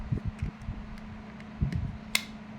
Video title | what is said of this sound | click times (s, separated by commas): เปลี่ยนแบตเตอรี่รีโมทXL7 | เข้าล็อคแล้วก็กดลงไปครับแบบ | 2.2 s